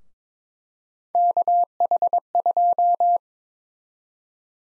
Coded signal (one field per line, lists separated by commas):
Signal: Morse code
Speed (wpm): 22 wpm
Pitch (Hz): 700 Hz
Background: none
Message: KH2